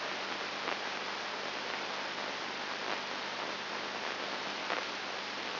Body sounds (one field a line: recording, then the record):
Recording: brain microelectrode recording played as sound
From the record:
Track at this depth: inside the subthalamic nucleus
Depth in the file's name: 5.301 mm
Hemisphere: left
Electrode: 2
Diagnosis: Parkinson's disease